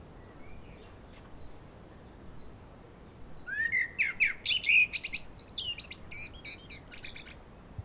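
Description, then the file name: Common blackbird delivering one song phrase, several mellow rising whistled notes running straight into a busy, high-pitched scratchy twitter lasting a few seconds. "Turdus merula"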